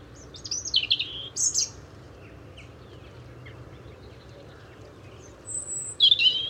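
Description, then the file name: European robin: brief, thin, very high-pitched sliding notes in two quick bursts, a long quiet gap, then a sustained high whistle followed by twittery notes. "Erithacus rubecula"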